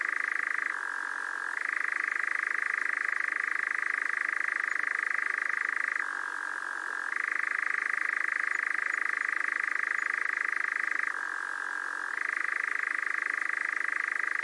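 Nightjar churring continuously, a fast purring trill that drops briefly to a lower pitch three times, roughly every five seconds, between longer higher stretches.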